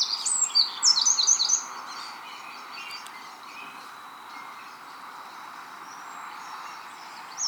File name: Troglodytes troglodytes